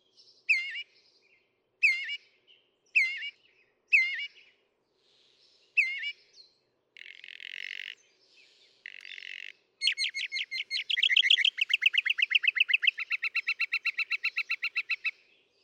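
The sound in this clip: Northern mockingbird song: repeated sharp chip notes about once a second, two harsh buzzes, then a fast rattling trill of many quick notes.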